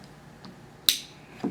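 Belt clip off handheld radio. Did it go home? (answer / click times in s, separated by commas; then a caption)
released / 0.9 s. A belt clip is removed from a handheld radio by pressing the metal tab on the clip while sliding it up and off. A loud, sharp click sounds at 0.9 s as the latch releases, and a softer clatter follows near 1.4 s. The belt clip comes free of the radio.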